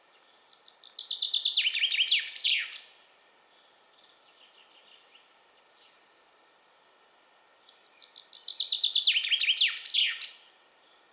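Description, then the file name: Common chaffinch song: two bright, descending trilled phrases, each ending in a flourish, about seven seconds apart, with a fainter trill and thin high note between. "Fringilla coelebs"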